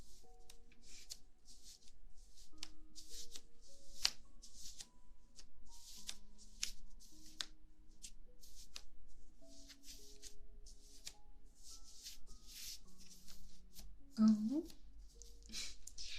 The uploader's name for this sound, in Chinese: 黑白双丝丝袜手套按摩